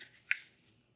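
A plastic wiring harness electrical connector is pushed onto an ignition coil pack on a 3.6 Pentastar engine, with a single sharp click at 0.3 s as it snaps in, then quiet. The connector is seated, and its locking clip is then pushed down to lock it in place.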